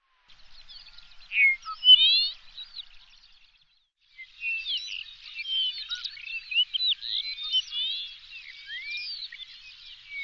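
Birds twittering: scattered chirps and a loud rising whistled phrase, a short pause, then a dense run of overlapping whistles, slurs and chirps to the end.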